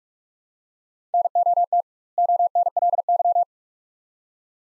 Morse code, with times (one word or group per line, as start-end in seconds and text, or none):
1.1-1.8 NOT
2.2-3.4 ONLY